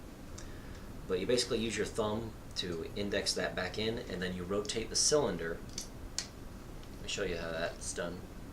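Someone talks while handling the swing-out cylinder of a Taurus .357 Magnum / .38 Special revolver, using a thumb to index it back into the frame before rotating it until the cylinder stop locks it in place. A few short, faint clicks and taps are heard under the talking. Nothing has seated or clicked into place yet.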